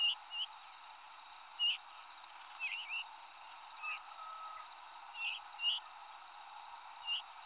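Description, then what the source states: Veery giving several short slurred calls scattered across the stretch, some falling in pitch, over a steady high insect drone. Recorded at Danby on 13 August 2020 at 05:30; descending call type.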